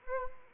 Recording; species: mosquito wingbeat signal from an infrared sensor; Anopheles arabiensis